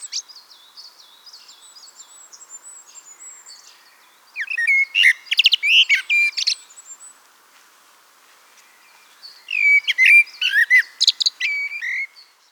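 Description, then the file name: Eurasian blackbird song: a quieter stretch of high thin notes, then two strong bursts of fluted warbles and sharp high twitters with a pause between. "Turdus merula"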